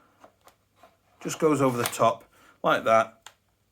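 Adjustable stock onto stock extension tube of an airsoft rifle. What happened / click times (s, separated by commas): The stock is slid on but has not clicked home yet / none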